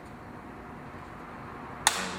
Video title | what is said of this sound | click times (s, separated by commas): HID Kit on a Vespa S 150 | you can see they're all snapped in no Gap all the way around so that's in there good to go | 1.9 s